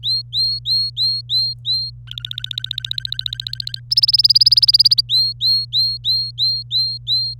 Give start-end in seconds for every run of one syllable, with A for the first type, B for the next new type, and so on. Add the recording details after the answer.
0.03-1.91 A, 2.07-3.80 B, 3.91-5.01 C, 5.09-7.34 A. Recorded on 25 April 2018 at 17:05. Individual llb3